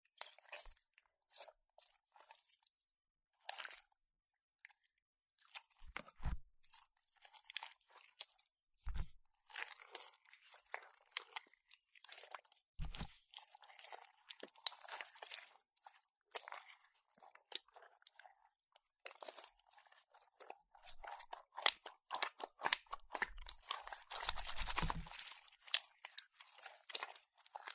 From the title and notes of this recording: 史萊姆｜Slime.